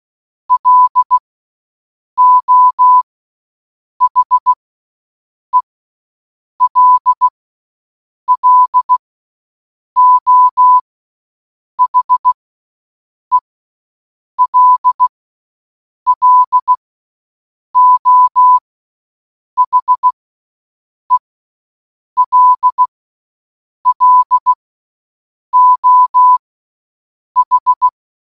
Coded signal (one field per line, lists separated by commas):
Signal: Morse code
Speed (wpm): 16 wpm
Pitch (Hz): 1000 Hz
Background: none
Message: LO HELLO HELLO HELLO H